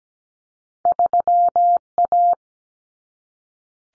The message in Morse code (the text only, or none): 3A